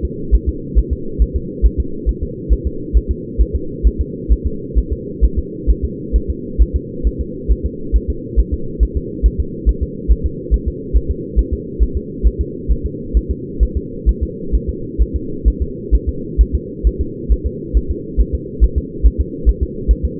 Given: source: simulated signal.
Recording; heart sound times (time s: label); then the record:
fetal heart sounds
0.05 s: S2
0.34 s: S1
0.49 s: S2
0.78 s: S1
0.93 s: S2
1.22 s: S1
1.36 s: S2
1.66 s: S1
1.80 s: S2
2.09 s: S1
2.23 s: S2
2.53 s: S1
2.67 s: S2
2.97 s: S1
3.11 s: S2
3.41 s: S1
3.56 s: S2
3.87 s: S1
4.01 s: S2
4.32 s: S1
4.47 s: S2
4.78 s: S1
4.93 s: S2
5.24 s: S1
5.39 s: S2
5.70 s: S1
5.85 s: S2
6.16 s: S1
6.30 s: S2
6.62 s: S1
6.76 s: S2
7.07 s: S1
7.21 s: S2
7.51 s: S1
7.66 s: S2
7.96 s: S1
8.10 s: S2
8.40 s: S1
8.54 s: S2
8.83 s: S1
8.97 s: S2
9.26 s: S1
9.40 s: S2
9.69 s: S1
9.83 s: S2
10.12 s: S1
10.26 s: S2
10.54 s: S1
10.68 s: S2
10.96 s: S1
11.11 s: S2
11.39 s: S1
11.53 s: S2
11.83 s: S1
11.97 s: S2
12.27 s: S1
12.41 s: S2
12.71 s: S1
12.86 s: S2
13.17 s: S1
13.31 s: S2
13.63 s: S1
13.77 s: S2
14.09 s: S1
14.23 s: S2
14.55 s: S1
14.69 s: S2
15.02 s: S1
15.16 s: S2
15.48 s: S1
15.62 s: S2
15.95 s: S1
16.09 s: S2
16.41 s: S1
16.55 s: S2
16.87 s: S1
17.01 s: S2
17.32 s: S1
17.46 s: S2
17.77 s: S1
17.91 s: S2
18.21 s: S1
18.35 s: S2
18.64 s: S1
18.78 s: S2
19.06 s: S1
19.21 s: S2
19.49 s: S1
19.63 s: S2
19.91 s: S1
20.05 s: S2
From the record:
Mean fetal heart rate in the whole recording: 135 bpm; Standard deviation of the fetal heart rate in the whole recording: 3 bpm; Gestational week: 34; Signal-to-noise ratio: -4.3 dB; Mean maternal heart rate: 72 bpm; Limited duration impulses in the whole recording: absent